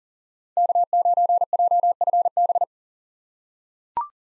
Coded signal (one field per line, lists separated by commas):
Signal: Morse code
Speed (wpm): 37 wpm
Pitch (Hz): 700 Hz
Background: none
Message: K9JFB